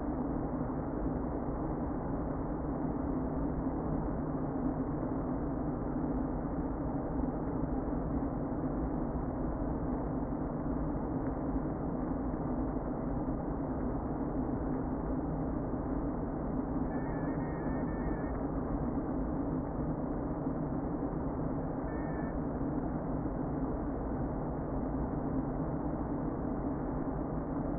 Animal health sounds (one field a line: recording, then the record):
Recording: honeybee colony, microphone inside the hive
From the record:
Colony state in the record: queen present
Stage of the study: before two queens were removed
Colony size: about 60,000 bees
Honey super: yes